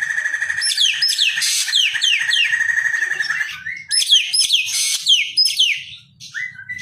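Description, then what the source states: Javan green magpie: a sustained buzzy whistle under rapid falling squealing notes, then more squeals and a few short rising whistles near the end. Song described as "gacor".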